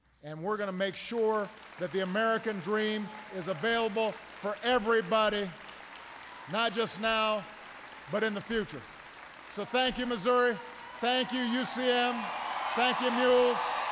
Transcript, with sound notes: And we’re going to make sure that that American Dream is available for everybody, not just now, but in the future. (Applause.)
So thank you, Missouri. Thank you, UCM. Thank you, Mules.